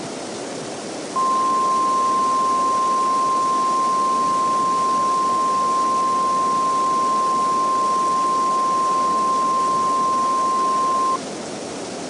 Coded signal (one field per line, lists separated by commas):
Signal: Emergency Alert System (SAME) tones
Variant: 1050 Hz attention tone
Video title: The Spring Storm (EAS Scenario)